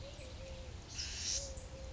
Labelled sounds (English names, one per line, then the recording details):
Eurasian Collared Dove
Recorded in Sonoma County, California